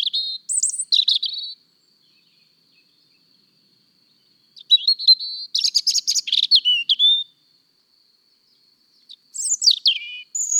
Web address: Le-rougegorge, mon-imagier-sonore-de-la-nature